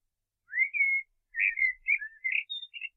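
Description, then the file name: Common blackbird song phrase of mellow whistles, a rising slurred note then a run of warbled, squeaky notes ending in high twitters. "Turdus merula"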